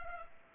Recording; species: mosquito wingbeat signal from an infrared sensor; Culex pipiens